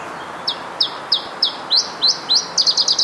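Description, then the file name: Iberian chiffchaff song: a series of sharp high notes dropping in pitch, about three per second, quickening into a faster chattering run at the end. "iberischer zilpzalp"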